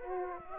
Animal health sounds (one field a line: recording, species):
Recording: mosquito wingbeat signal from an infrared sensor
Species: Aedes aegypti